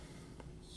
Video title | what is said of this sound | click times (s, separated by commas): Brous Blades Silent Soldier Framelock 1 of 100 | more of a clicking you know clicks right in um | 0.4 s